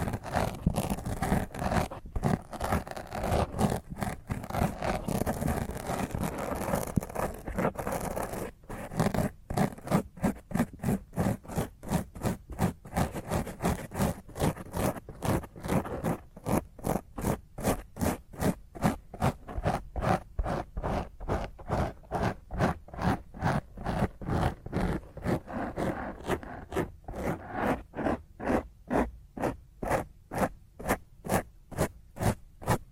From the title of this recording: Intense Rough Mic Scratch using HandNails